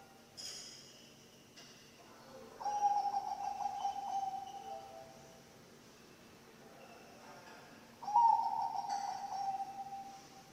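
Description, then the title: Zebra dove song with two vibrating, rolling coo phrases about five seconds apart, plus a few faint clicks and rustles early on. Bangkok-type zebra dove (perkutut) song, played for training other birds (masteran) and for luring (pancingan). "mster Mnuk. SUARA OCEHAN BURUNG PERKUTUT BANGKOK Untuk MASTERAN dan PANCINGAN"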